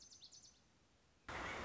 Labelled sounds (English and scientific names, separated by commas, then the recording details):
Lazuli Bunting (Passerina amoena)
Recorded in Sonoma County, California